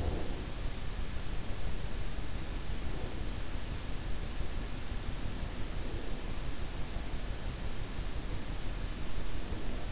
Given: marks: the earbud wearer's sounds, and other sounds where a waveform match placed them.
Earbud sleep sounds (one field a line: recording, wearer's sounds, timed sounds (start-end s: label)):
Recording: sounds in sleep by an in-ear microphone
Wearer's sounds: breath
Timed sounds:
0.00-0.42 s: breath